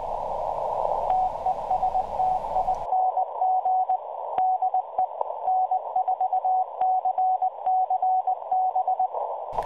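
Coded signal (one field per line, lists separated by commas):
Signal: Morse code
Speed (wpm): 20 wpm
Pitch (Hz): 750 Hz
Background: radio noise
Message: TESTING DE N4CCB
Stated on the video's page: Morse transmitted at power levels from 100 watts down to 1 watt, recorded from a receiving station 250 miles away.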